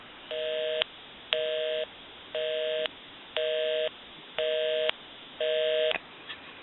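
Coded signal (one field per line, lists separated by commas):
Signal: telephone call progress tone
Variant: North America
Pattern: busy tone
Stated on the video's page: Thomas limited edition telephone during initial checkout and repair.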